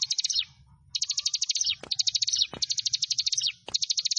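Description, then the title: Prinia song of quick, high, rattling trills in short phrases that slur downward at the end, repeated after short gaps, with a few sharp clicks. "Ciblek Sawah"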